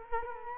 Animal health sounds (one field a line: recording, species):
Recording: mosquito wingbeat signal from an infrared sensor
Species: Culex quinquefasciatus